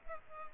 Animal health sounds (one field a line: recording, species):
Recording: mosquito wingbeat signal from an infrared sensor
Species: Culex pipiens